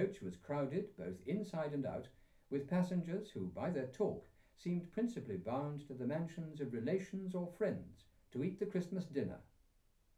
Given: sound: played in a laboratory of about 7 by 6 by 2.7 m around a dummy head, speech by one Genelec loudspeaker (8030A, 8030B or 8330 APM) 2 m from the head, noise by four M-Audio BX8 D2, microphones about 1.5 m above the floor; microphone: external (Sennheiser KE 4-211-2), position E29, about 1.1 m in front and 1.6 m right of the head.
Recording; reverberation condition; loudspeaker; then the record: male speech in English; low; in front (0 degrees)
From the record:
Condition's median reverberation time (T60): about 310 ms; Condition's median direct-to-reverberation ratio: about 3.5 dB